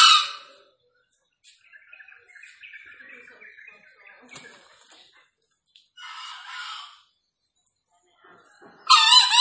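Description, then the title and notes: Green junglefowl crows, a harsh burst cut off at the start, a fainter hoarse one midway and a loud one at the end, with soft tonal calls in between. Wild green junglefowl, a released bird calling loudly from a tree; used as a lure for junglefowl. "Panggilan Ayam Hutan Liar. Ayam Hutan Hijau Dilepas Bebas n Bunyi Gacor Diatas Pohon. Pemikat Ayam Hutan"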